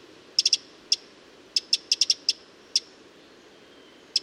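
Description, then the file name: Eurasian wren uttering crisp clicking tick calls, some single and some in fast clusters, about a dozen in four seconds, against a quiet background. "Troglodytes troglodytes"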